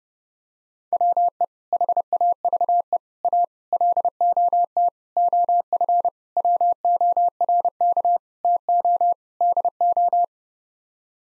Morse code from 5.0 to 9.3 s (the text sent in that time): OF WORK TO